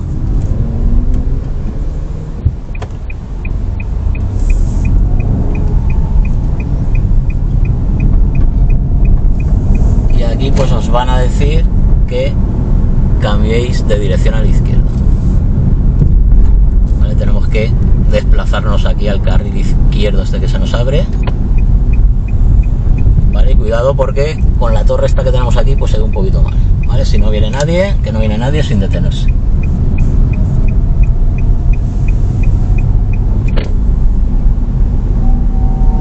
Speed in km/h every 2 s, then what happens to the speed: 11, 4, 13, 17, 25, 30, 30, 30, 28, 26, 25, 25, 23, 16, 15, 22, 25, 26.
2-9 speeds up to 30. 9-22 steady at about 28. 22-27 slows to 15. 27-31 speeds up to 25.